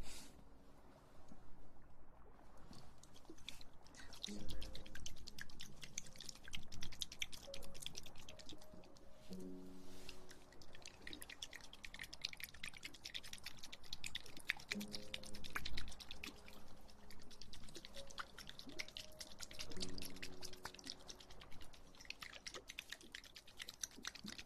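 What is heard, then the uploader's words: Water sounds made for ear massage: a dense, bright crackle of small splashes and wet clicks that runs the whole time. Every few seconds, around 5, 10, 15 and 20 seconds, a fuller sloshing pour with low gurgling tones swells up and fades. TimASMR- Ear Massage Water Sounds.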